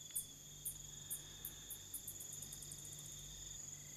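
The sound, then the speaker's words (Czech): At night, bats swooping just above the heads of hyenas give sharp, metallic high-pitched chirps, a string of quick calls that speeds up into a rapid stutter, over a steady thin high whine and a low background hum. “Tenhle kovově cvrčivý zvuk jsou netopíři.”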